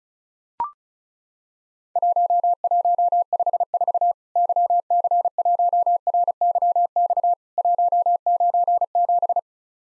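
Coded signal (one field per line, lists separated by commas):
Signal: Morse code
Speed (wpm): 34 wpm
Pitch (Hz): 700 Hz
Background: none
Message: 1154 YC1RYX 197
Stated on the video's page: Morse practice at 35 wpm simulating Worked All Europe DX Contest QTC exchanges, with random misses and repeat requests; each exchange sent, spoken, then resent.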